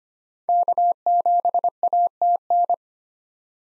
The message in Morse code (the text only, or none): K7ATN